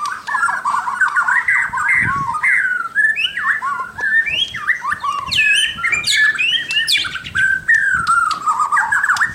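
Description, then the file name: White-rumped shama singing a continuous varied song of rising and falling whistled slurs and chattery notes, with a few soft low thumps in the background. "suara murai batu mahkota"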